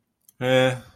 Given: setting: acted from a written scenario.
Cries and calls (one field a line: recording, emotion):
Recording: vocal sound without words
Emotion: neutral